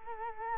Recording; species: mosquito wingbeat signal from an infrared sensor; Culex quinquefasciatus